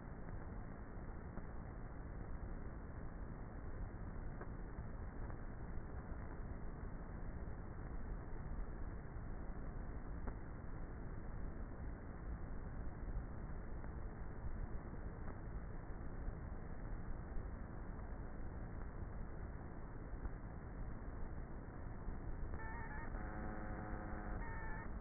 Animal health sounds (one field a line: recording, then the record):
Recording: honeybee colony, microphone inside the hive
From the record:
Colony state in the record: queenless with a low population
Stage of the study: before two queens were removed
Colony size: about 30,000 bees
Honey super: no